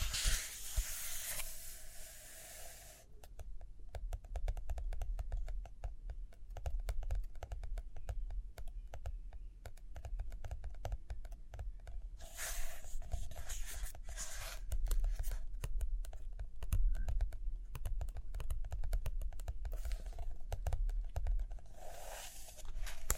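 Pages turn and fingers tap while someone writes or draws. Bursts of bright rustling from paper come at the start, around twelve to fifteen seconds, and near the end, with dense quick ticks and taps filling the stretch between, over a low steady rumble.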